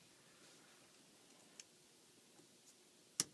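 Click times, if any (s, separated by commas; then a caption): 1.6 s, 3.2 s. Electronics connectors of a Tyent UCE-9000T under-counter water ionizer are pushed into their sockets on the unit under the sink. A faint click sounds at 1.6 seconds and a louder, sharp snap at 3.2 seconds over a quiet background. The pieces snap in and seat.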